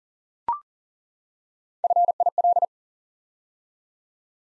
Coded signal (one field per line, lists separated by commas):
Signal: Morse code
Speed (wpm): 39 wpm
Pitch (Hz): 700 Hz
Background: none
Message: FIL